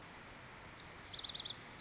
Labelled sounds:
Lazuli Bunting (Passerina amoena)
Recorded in Sonoma County, California

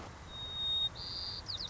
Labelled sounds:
White-crowned Sparrow (Zonotrichia leucophrys)
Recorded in Sonoma County, California

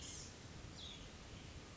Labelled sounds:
Blue-gray Gnatcatcher (Polioptila caerulea)
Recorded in Sonoma County, California

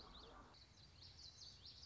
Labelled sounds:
Common Yellowthroat (Geothlypis trichas)
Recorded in Sonoma County, California

